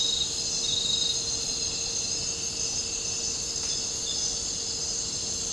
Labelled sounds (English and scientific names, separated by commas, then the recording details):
none
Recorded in dense forest near Puerto Asís, Putumayo, Colombia, on 13 March 2025 at 00:00
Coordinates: 0.467, -76.328
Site G041